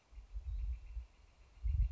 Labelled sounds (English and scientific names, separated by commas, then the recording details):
Northern Flicker (Colaptes auratus)
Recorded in Sonoma County, California